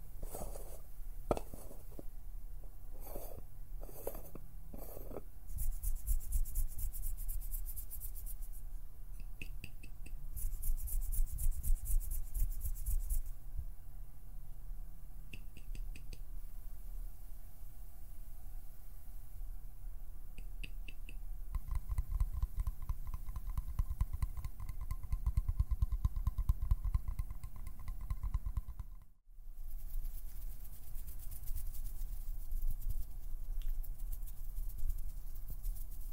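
Plucking, pinching and finger fluttering make a dense, rumbling rustle with sharp bursts early on and a brief silence near twenty-nine seconds.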